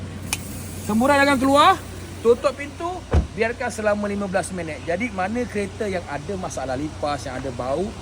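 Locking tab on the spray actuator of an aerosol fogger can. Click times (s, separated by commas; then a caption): 0.3 s. An insect fogger can is set inside a car and the plastic lock tab on its spray actuator is pressed down so it stays latched open and keeps spraying. A single sharp click is heard at 0.3 s as the lock seats, followed by someone talking.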